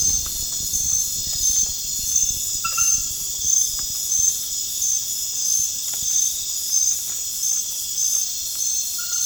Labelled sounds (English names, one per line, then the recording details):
none
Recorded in pastures near Puerto Asís, Putumayo, Colombia, on 30 June 2025 at 00:00
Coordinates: 0.466, -76.322
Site GP07